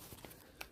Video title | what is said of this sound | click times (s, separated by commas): my monitor upgrade unboxing and installation in tamil | நீங்க monitor fix பண்ண சொல்லி பார்த்தீங்கன்னா இங்க ஒரு லாக் இருக்கும் அந்த லாக் வந்து கரெக்டா லாக் ஆகணும் லாக் ஆயிடுச்சு சவுண்ட் கேட்கும் அந்த சவுண்ட் கேட்டுச்சுன்னா லாக் ஆயிடுச்சுன்னு அர்த்தம் | 0.6 s